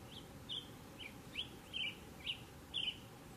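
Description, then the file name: Red tanager song: short, slurred, burry notes at about two per second over low background hiss. "canto do sanhaco de fogo"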